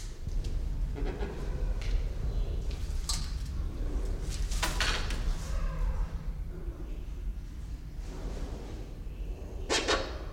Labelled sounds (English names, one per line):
Silvery-cheeked Hornbill